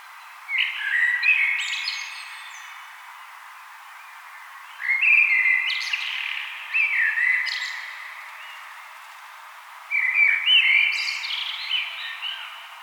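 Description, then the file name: Common blackbird singing three rich, warbling phrases about five seconds apart, every phrase ending in a high, scratchy twitter. "Turdus merula"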